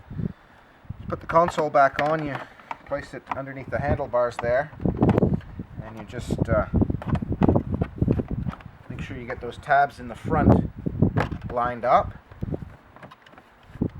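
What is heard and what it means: Someone talks while the plastic console of a Can-Am G2 Outlander ATV is placed under the handlebars and its front tabs are lined up on the frame tabs, ahead of pressing its posts into their grommets. Brief plastic taps and knocks come in clusters around 5.0–5.4 s, 7.1–8.5 s and 12.5–13.8 s. Nothing has seated or clicked yet.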